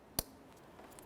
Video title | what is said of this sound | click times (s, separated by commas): How to Replace Ignition Coil Boot 2005-2010 Chevy Cobalt | and then i'll lock it in with the gray locking tab | 0.2 s